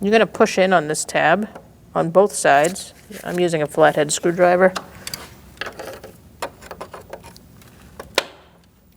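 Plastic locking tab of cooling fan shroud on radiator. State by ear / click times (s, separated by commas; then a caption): released / 8.2 s. Someone talks, then a flathead screwdriver pushes in on the plastic locking tabs on both sides of the cooling fan shroud on the radiator of a 2008-2014 Mercedes-Benz C300, making a few light taps and scrapes. A sharp click at 8.2 s marks the tab releasing.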